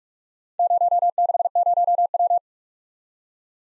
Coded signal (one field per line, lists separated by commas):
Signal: Morse code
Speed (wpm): 44 wpm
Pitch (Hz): 700 Hz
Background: none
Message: 060W